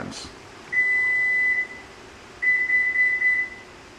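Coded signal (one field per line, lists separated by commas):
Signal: none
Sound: a car's chime beeps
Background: speech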